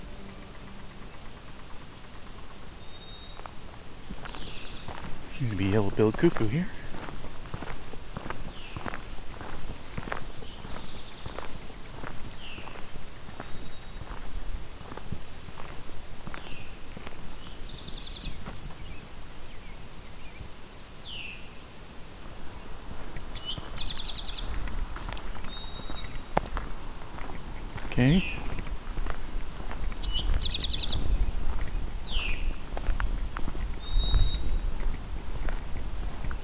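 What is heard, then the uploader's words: A summer day at Fletcher Creek Ecological Preserve in Flamborough, Ontario, with steady outdoor ambience and scattered high bird chirps and whistles throughout. Footsteps crunch at a regular pace through the clip, and two louder rustling bursts stand out around six and twenty-eight seconds. White-throated Sparrow. A summer's day at Fletcher Creek Ecological Preserve in Flamborough, Ontario.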